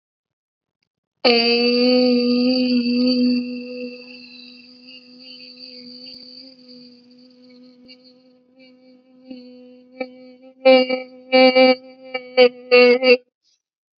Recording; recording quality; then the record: sustained vowel as in made; excellent, no background noise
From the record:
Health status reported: healthy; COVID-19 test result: not tested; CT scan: not taken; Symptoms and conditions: none ticked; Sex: female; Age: 23 years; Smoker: no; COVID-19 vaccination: both doses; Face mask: not worn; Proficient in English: yes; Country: India